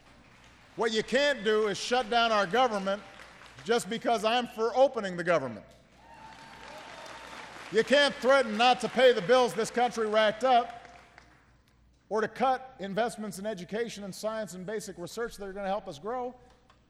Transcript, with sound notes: What you can’t do is shut down our government just because I’m for opening the government. (Applause.) You can’t threaten not to pay the bills this country racked up or to cut investments in education and science and basic research that are going to help us grow.